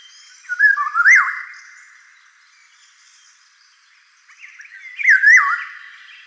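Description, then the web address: Eurasian golden oriole whistle: a rich, yodelling, fluty phrase that rises and dips, given twice about four seconds apart, with faint high chirps from other birds. "common oriole common oriole"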